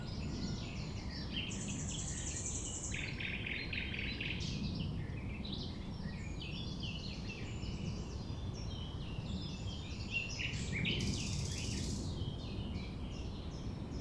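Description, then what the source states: Common nightingale song, varied phrases of chirps, trills and sweeps over a steady low rumble. Recorded at 6 a.m. at sunrise near the Thève, Champ de Ménage; the nightingale sings without waiting for silence.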